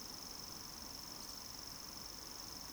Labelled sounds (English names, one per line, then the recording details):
Eurasian Woodcock whistle
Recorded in Baden-Württemberg, Germany, on 30 June 2020 at 20:01 UTC
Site 46046, 702 m above sea level